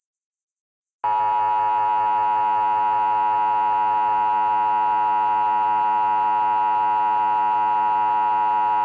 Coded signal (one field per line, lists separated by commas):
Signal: Emergency Alert System (SAME) tones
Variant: 853 and 960 Hz attention tone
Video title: Itavran First Contact - Unused EAS Recording